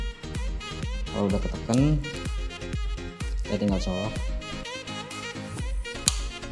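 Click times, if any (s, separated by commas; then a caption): 6.1 s. A long water hose with a funnel is plugged into the water in/out port of an ND YAG C-Plus laser machine after its release is pressed. Someone talks over background music. A sharp, loud click at 6.1 s shows the hose's quick-connector seating in the port.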